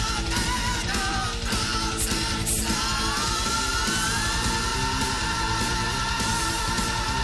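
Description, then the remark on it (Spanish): A high-pitched scream rises and holds over a loud, dense heavy metal track, with an even higher-pitched scream faintly in the background, and pounding drums and distorted guitars playing steadily throughout. “Pero es que, de hecho, se escucha un grito todavía más agudo.”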